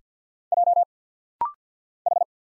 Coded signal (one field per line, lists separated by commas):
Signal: Morse code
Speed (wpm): 50 wpm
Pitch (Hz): 700 Hz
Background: none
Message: J H